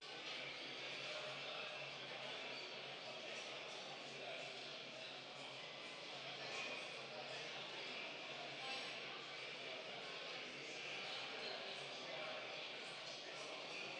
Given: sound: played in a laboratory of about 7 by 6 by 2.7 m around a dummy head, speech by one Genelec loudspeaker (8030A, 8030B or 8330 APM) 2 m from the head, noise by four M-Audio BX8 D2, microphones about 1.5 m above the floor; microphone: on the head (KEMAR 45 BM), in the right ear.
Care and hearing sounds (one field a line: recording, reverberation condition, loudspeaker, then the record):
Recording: cafeteria noise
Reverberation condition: high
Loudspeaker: four, about 170 cm from the corners of the room and facing them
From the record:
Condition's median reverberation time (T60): about 1300 ms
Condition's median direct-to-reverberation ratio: about -4.0 dB